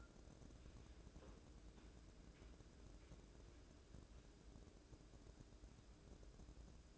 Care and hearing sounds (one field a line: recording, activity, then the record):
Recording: daily activity, microphone in the room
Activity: wipe stove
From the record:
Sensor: 2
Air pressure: 1012.2 hPa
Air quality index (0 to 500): 154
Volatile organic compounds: 2 ppm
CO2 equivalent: 1130 ppm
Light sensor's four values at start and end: 369/922/366/379 and 371/927/369/382